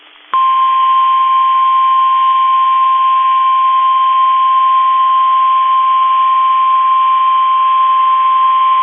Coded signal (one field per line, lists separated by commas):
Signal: Emergency Alert System (SAME) tones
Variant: 1050 Hz attention tone